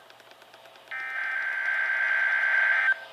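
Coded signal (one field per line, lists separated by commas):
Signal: Emergency Alert System (SAME) tones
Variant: header bursts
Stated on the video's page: Required weekly test on a NOAA weather radio station.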